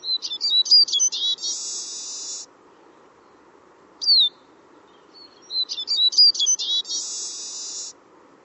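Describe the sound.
Bird calling twice: each phrase opens with quick, high stuttering chirps and ends in a dry buzzy trill, with a lone thin downslurred note between, over a faint low background hum.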